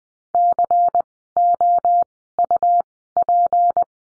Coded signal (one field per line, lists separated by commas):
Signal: Morse code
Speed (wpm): 20 wpm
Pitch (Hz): 700 Hz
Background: none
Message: COUP